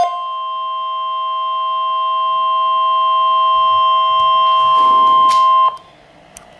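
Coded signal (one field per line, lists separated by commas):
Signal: Emergency Alert System (SAME) tones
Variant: 1050 Hz attention tone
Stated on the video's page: Tornado Watch from the Storm Prediction Center, received off a Pittsburgh weather radio station.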